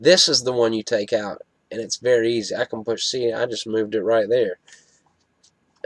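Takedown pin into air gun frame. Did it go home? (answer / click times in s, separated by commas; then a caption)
yes / 5.8 s. Someone talks, then pushes the easy-to-remove takedown pin out of an air gun's frame and presses it back in. After faint ticks, a sharp click at 5.8 s marks the pin snapping back in and seating.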